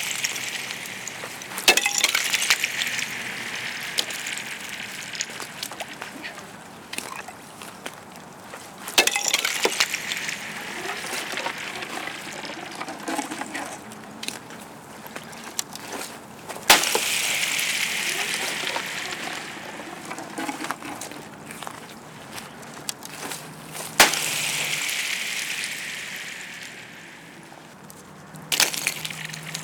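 Ice blocks are thrown onto a frozen pond, each hit a sharp crack about every seven to eight seconds, followed by bright skittering, ringing slides.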